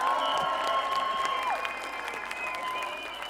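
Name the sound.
crowd applause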